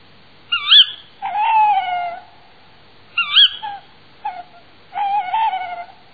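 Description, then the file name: Tawny owl calling: sharp squeaky notes each followed by a long, wavering, slightly hoarse hooting tone, repeated a few times in a quiet background. "kattuggla"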